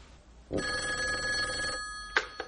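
A telephone bell rings in a long, steady trill of bright metallic tones in an Arabic radio drama, then stops, followed by two short clicks or knocks.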